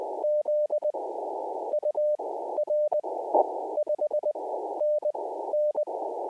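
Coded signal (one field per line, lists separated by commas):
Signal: Morse code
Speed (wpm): 20 wpm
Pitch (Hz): 600 Hz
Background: none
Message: Z U RE 5 N N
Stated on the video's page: CW QRP POTA activations with pile-ups at the start.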